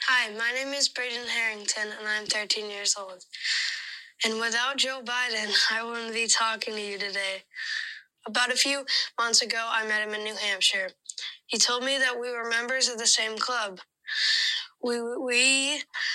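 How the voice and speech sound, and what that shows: A 13-year-old boy who stutters speaks a short prepared address at the Democratic National Convention, with pauses and prolonged sounds breaking up his phrases. He has no intellectual disability.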